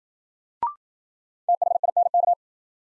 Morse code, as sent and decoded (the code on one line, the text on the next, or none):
- .... .. -. -.-
THINK